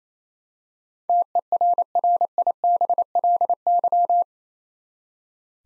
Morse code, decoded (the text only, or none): TERRIBLY